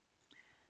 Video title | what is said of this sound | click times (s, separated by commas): Rose Ring Wire Wrapped & Woven Tutorial | gonna go and it clicks into place so | 0.3 s